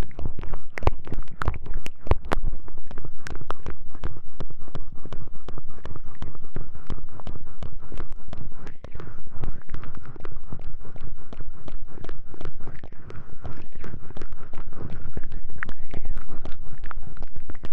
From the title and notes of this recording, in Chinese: 自制芦荟胶，按摩你的耳朵。